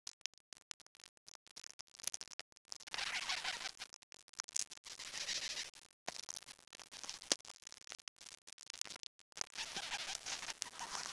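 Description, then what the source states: Ants eating give a fine, scratchy crackle of tiny clicks that thickens and thins in uneven bursts, with short silent breaks. Ants eating in an ant farm.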